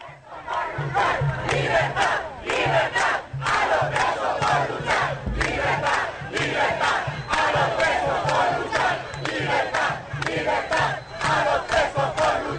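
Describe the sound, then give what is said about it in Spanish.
A large street crowd shouts in unison at the government and the courts, voices rising and falling in rhythmic chanted bursts that stay loud and sustained throughout, with no individual speech standing out. “Vamos con un pedacito del institucional, el nuevo institucional que tenemos para revivir los momentos en que el pueblo en la calle le gritaba a los gobernantes y a la justicia lo que piensan de ellos.”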